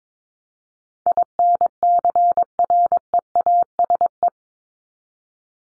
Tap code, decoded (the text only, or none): none